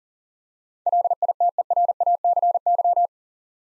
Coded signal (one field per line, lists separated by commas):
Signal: Morse code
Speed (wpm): 40 wpm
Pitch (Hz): 700 Hz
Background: none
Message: LITERACY